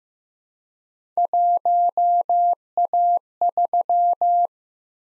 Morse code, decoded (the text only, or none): 1A3